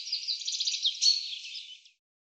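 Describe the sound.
Common chaffinch song: a rapid, dense run of high chirping notes lasting about two seconds, fading out at the end, with no other sounds.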